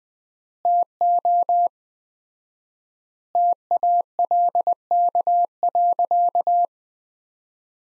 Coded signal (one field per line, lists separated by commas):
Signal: Morse code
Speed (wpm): 20 wpm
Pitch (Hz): 700 Hz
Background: none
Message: TO TALK.